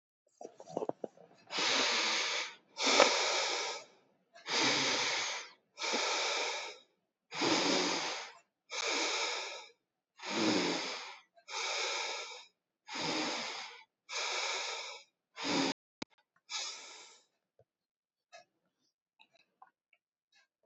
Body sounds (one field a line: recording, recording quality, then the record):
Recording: deep breathing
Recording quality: excellent, no background noise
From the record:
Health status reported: exposed to COVID-19, no respiratory illness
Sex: male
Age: 48 years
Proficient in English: yes